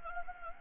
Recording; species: mosquito wingbeat signal from an infrared sensor; Anopheles gambiae